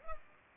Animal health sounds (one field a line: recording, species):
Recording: mosquito wingbeat signal from an infrared sensor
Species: Culex pipiens